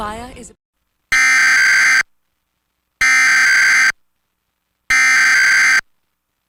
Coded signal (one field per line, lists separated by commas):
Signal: Emergency Alert System (SAME) tones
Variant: header bursts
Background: speech